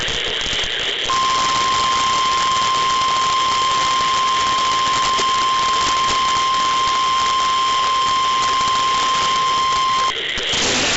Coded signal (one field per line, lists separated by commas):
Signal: Emergency Alert System (SAME) tones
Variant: 1050 Hz attention tone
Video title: A busy weekend! EAS #116-145 July 24th, 2021